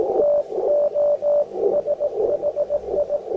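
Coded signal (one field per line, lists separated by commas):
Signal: Morse code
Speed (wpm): 16 wpm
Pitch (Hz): 590 Hz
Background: none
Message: TOSHI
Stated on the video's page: 21 MHz CW contacts keyed with a BK-100 bug key, rig FTDX101D at 100 W into a dipole; reports 599 and 579.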